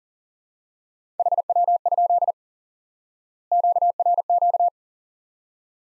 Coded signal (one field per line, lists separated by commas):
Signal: Morse code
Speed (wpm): 40 wpm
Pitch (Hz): 700 Hz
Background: none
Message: HW? QRQ